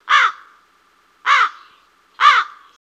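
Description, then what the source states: Crow cawing, three harsh, hoarse caws spaced about a second apart, each dropping off quickly, with silence between them. Gnarled forest ambience.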